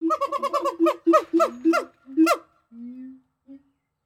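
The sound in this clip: Gibbon hooting in a fast run of bouncy, rising notes with strong overtones, then slower low hoots and a short final note.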